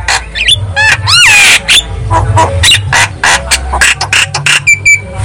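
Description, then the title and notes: Javan myna singing: harsh buzzy notes mixed with curved whistled slurs, delivered in a steady rush. Lure song of Javan myna, used to prompt a silent (non-singing) bird to sing. "Pancingan Jalak Kebo Bisu. Kicau Jalak Kebo"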